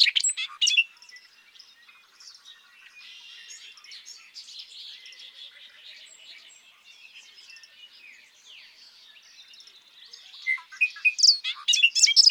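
Bobolink song, a short bubbly burst at the start, a long stretch of faint twittering, then a lively jangling burst of notes at the end.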